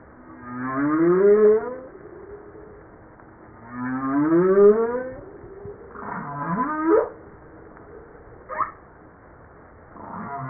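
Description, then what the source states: Humpback whale singing rising, wavering upsweeps twice in a row, then twisting tonal units and a brief sharp pulse. Recorded 5 March 1994, 09:52.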